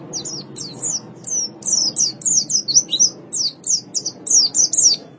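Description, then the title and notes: White-eye song: quick, high, sweet chirping notes in short bursts, repeated steadily with brief gaps. "Suara kicauan burung pleci"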